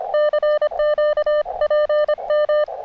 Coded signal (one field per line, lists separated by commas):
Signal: Morse code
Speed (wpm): 25 wpm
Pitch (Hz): 600 Hz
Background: none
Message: CQ PM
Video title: Finally....a little POTA now that the weather is cooperating!